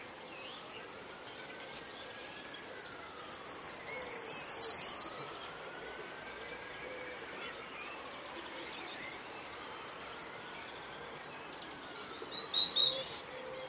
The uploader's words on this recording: It's late morning in a springtime Dorset garden. The wind blows in the trees. Wood pigeons coo from trees now bright with fresh spring leaves. Blue tits and starlings land on the gently swaying bird feeders to eat their fill. Recorded by Daniel Kramer-Arden. Spring birdsong in a Dorset garden.